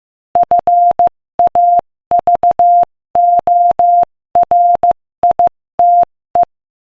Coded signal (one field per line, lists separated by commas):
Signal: Morse code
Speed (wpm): 15 wpm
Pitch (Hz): 700 Hz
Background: none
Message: FAVORITE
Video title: Morse Code Practice: 15 wpm Joke #2